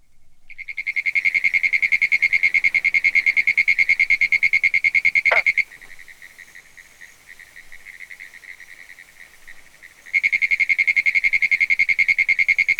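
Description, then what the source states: Pinewoods tree frog call, a fast train of high, clicking pulses at an even pitch, breaking off for several seconds before resuming with the same rapid rattle. Hyla femoralis; its call is described as very different from the preceding squirrel tree frog's call.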